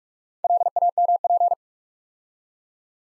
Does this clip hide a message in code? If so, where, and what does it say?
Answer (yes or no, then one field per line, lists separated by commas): yes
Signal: Morse code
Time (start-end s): 0.4-1.5 s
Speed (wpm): 46 wpm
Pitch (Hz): 700 Hz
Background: none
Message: LAMP